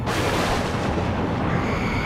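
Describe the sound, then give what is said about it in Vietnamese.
A loud crash of thunder in a storm with gale winds and lightning bursts in and keeps rumbling for two seconds, a dense, low, rolling roar with a crackling edge and no voices. “Bất ngờ lúc này, cuồng phong lại một lần nữa nổi lên, sấm chớp giáng xuống ầm ầm, đinh tai nhức óc.”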